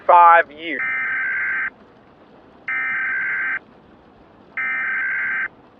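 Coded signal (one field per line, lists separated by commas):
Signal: Emergency Alert System (SAME) tones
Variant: header bursts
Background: speech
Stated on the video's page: Fictional Purge-themed EAS radio ambience.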